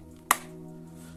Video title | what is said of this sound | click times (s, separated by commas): JSAUX Transparent/Clear Backplate for The Steam Deck (LCD) | and you can hear the snapping sound as you | 0.3 s